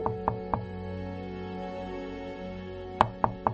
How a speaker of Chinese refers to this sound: 两个人走上楼，到了徐莹莹父母家门口，孟昭抬手敲了敲门。